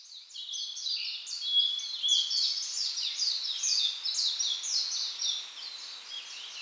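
Bird twittering, a rapid stream of high chirps and downward-slurred notes, continuous and busy throughout.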